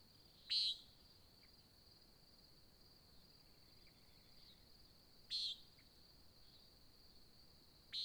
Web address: Discover Oregon - American Desert Birds Nighthawk 2017 Sutton July Dawn Nighthawk Competition